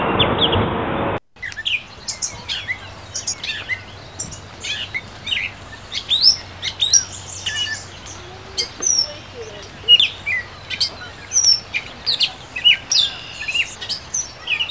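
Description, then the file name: Gray catbird singing a jumbled run of varied high chirps, squeaks and short whistled notes, opening with a brief burst of loud noise. Recorded 21 May 2012. "catbird 052112"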